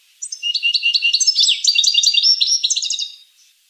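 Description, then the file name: Finch song, a rapid, continuous run of high chirps and twittering trills for about three seconds. "sing finch mouth lor"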